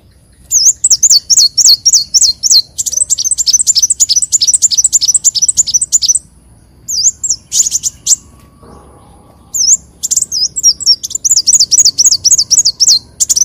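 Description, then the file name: Leafbird song: long, fast, continuous series of high repeated whistled notes with brief pauses, lively and sustained. "Tieng chim xanh tim"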